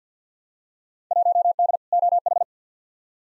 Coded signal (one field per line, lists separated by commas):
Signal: Morse code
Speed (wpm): 50 wpm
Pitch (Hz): 700 Hz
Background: none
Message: 1D OH